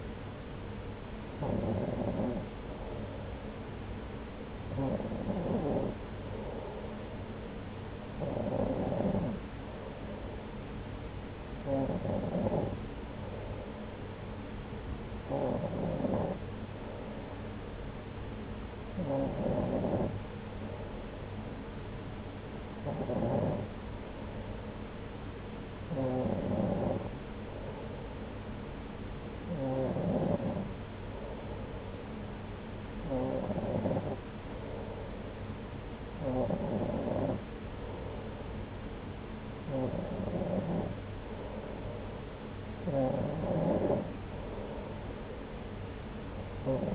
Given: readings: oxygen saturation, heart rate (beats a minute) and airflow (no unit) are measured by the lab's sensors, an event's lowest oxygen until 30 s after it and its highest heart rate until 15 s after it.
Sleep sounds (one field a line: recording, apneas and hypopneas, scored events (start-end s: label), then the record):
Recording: breathing in sleep by a voice recorder at the bedside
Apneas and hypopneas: none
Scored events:
8.00-46.95 s: new sleep stage, N2 (light sleep)
From the record:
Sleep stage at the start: N3 (deep sleep)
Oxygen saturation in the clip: 93%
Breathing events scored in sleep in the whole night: 303 in 8.1 hours asleep